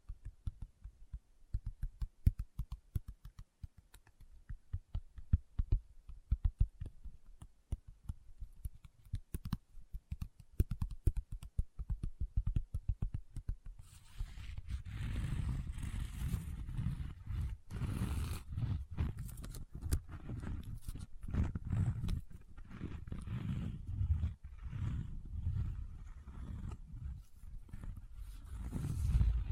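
Close-up paper handling: for the first half, sparse crackles and sharp ticks as the sheet is bent and creased. Around fourteen seconds it turns into continuous, heavier rubbing and scratching, a dense low scraping with brighter crinkling bursts that keeps going to the end.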